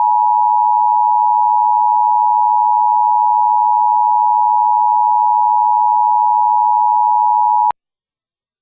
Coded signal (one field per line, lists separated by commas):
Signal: Emergency Alert System (SAME) tones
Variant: 853 and 960 Hz attention tone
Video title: EAS CAE issued for cal. 6/14/12